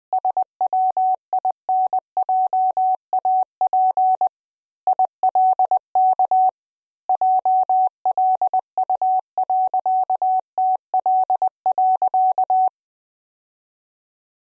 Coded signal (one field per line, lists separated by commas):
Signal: Morse code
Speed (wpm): 20 wpm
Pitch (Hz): 750 Hz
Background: none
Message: SWINJAP ILK JLU.TL.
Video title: CW Trainer Demo